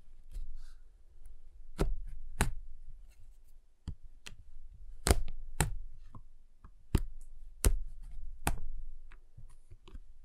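Sharp knocks and snaps from a giant chocolate bar land at uneven intervals, about a dozen over ten seconds, each crisp and bright with a quick fade. A low rumble and faint shuffling fill the gaps between hits.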